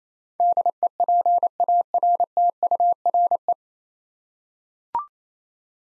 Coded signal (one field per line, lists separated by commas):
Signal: Morse code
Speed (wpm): 28 wpm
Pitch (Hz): 700 Hz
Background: none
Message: DEPARTURE